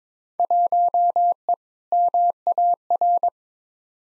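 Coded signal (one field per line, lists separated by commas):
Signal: Morse code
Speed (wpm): 22 wpm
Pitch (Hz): 700 Hz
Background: none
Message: 1E MAR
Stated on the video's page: Field Day exchange copy practice at 22 wpm, each exchange sent, spoken, then sent again; exchanges weighted by 2019 participation.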